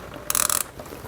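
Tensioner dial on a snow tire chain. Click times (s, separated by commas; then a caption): 0.3 s, 0.4 s, 0.5 s. The ratcheting tensioner dial on a pewag Servo RS snow tire chain, fitted to a 2017 Honda Civic, is switched to the open position so more cable can be pulled out. A quick run of sharp ratchet clicks sounds at 0.3, 0.3, 0.4, 0.5, 0.5 and 0.5 seconds. The dial snaps open and releases, giving more slack.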